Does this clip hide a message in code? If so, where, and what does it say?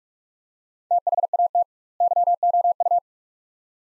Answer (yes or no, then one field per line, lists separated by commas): yes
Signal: Morse code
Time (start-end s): 0.9-3.0 s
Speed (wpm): 46 wpm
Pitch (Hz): 700 Hz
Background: none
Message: THAT YOU